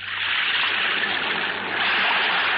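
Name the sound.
sea waves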